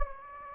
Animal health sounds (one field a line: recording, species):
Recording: mosquito wingbeat signal from an infrared sensor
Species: Anopheles gambiae